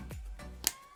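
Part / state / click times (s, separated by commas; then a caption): 3.5 mm audio cable plug into external microphone socket / seated / 0.7 s. The angled 3.5 mm end of a straight TRS audio cable, the end labeled for the microphone, is pushed into the socket of a Boya MM1 external microphone. After a soft bump at 0.1 s, a sharp, loud click at 0.7 s marks the plug seating in the socket.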